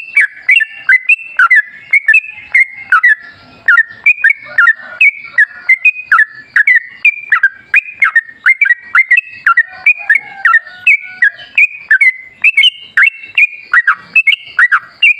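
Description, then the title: Yellow-vented bulbul calls: a long dense stream of bright, falling chirps, restless and steady throughout with no other noises. Lively (gacor), rapid (ropel), wild-style (ngalas) trucuk song, used as a lure to make trucuk birds sing. "GACOR Ropel Ngalas Pancingan Trucukan Agar Bunyi Jadikan Burung Trucuk"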